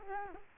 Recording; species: mosquito wingbeat signal from an infrared sensor; Culex quinquefasciatus